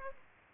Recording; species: mosquito wingbeat signal from an infrared sensor; Aedes aegypti